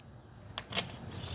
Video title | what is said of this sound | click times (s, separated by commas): Fuel Injector Balance & Coil Test (GM's 3800 Series II) | and then you see that black tab in the middle of it you're going to press on it until it clicks | 0.6 s